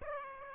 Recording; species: mosquito wingbeat signal from an infrared sensor; Aedes aegypti